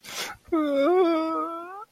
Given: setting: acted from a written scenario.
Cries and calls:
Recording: vocal sound without words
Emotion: sadness

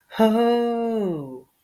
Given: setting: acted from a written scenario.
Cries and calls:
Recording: vocal sound without words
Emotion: realization

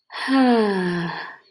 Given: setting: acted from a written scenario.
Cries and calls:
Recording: vocal sound without words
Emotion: serenity

